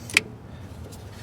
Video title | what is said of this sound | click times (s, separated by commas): John Deere 6x4 Gator Won't Start / Intermittent Start Dump Bed Won't Work - DIY Fix - AT75769 Relay | Hear it snap, and now we will replace our nut and bolt there, | 0.1 s, 0.2 s